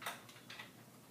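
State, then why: Seated. The small metal stop motion knob inside a sewing machine's hand wheel is turned toward the user while the hand wheel is held still. It gives one short, quiet tick at 0.5 s amid faint handling noises, and the knob clicks into position.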